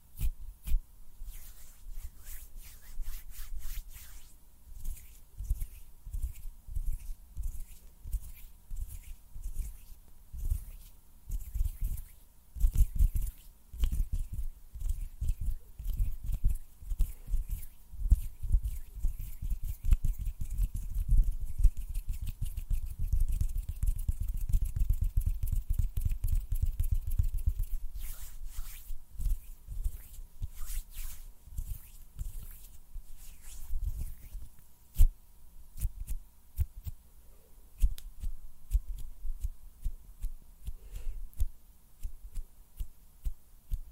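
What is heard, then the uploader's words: Hand sounds of rubbing, tapping and sharp snaps come in irregular bursts, thickening into a dense low rustle midway, with a faint steady hum beneath. ASMR HAND SOUNDS AND SNAPPING - NO TALKING.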